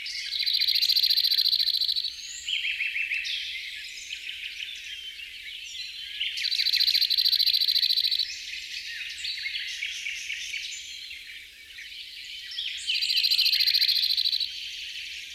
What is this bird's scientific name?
Emberiza cirlus